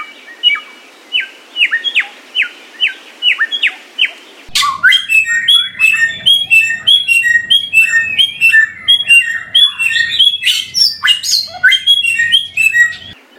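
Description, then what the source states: Samyong song: a slow series of sharp downslurred notes, then an energetic jumble of rapid chirps, whistles and high twittering. Masteran (bird training) recording of samyong song.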